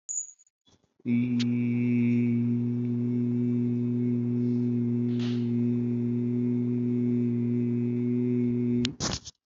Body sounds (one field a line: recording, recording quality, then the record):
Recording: sustained vowel as in beet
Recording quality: excellent, no background noise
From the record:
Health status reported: healthy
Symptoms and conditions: none ticked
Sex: male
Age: 30 years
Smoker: yes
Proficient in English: yes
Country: India